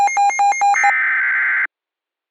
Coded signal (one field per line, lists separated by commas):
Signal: Emergency Alert System (SAME) tones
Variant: header bursts